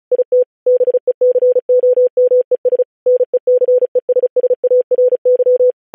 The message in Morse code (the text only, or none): IT BECOMES NECESSARY